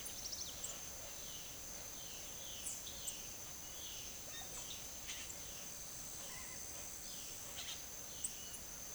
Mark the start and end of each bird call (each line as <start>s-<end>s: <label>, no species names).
0.00s-5.76s: bird call
6.16s-8.94s: bird call